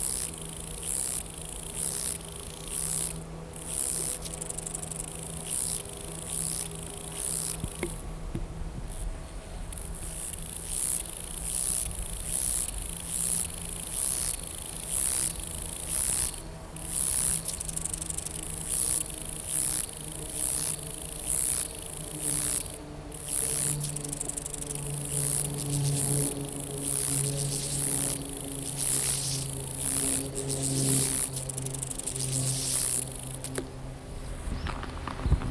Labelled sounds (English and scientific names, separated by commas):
Lesser Marsh Grasshopper (Chorthippus albomarginatus) stridulation